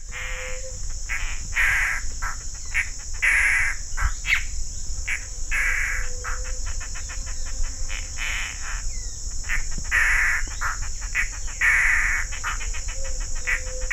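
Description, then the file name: Mato Grosso antbird song: harsh, buzzy bursts repeated in rapid series, some stuttering into quick chatters, over a steady high insect drone and low rumble. Recorded near Barão de Melgaço, Mato Grosso, Brazil, on 5 May 2006. "Cercomacra melanaria BMelgaco MT"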